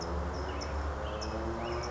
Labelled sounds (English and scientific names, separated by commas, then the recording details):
California Towhee (Melozone crissalis)
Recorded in Sonoma County, California